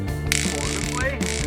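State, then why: Seated. A braided steel hanging cord is pulled through the small lever-operated rope ratchet hanger of a Mars Hydro TS1000 grow light. The pawl clicks at 0.3, 0.6, 0.8, 0.8, 1.3 and 1.3 seconds, and the ratchet locks into place.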